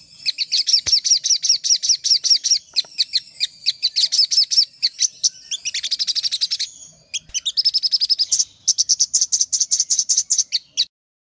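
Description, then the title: Little spiderhunter song of rapid, high-pitched chips in long series, with a buzzy rattle in the middle and a final fast trill. Master recording used for training cage birds. "Masteran Burung Sogok Ontong Labaik"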